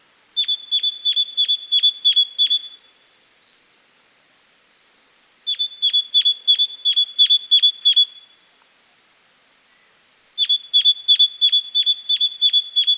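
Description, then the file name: Great tit calling in three separate runs of sharp, ringing high notes, with faint thin calls in the pauses. "Parus major"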